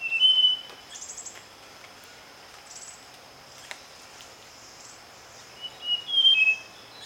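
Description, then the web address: White-tailed robin calling with short thin whistled notes at the start and again near the end, with faint high buzzy chirps between. "White tailed Robin Myiomela leucura. white tailed blue robin call"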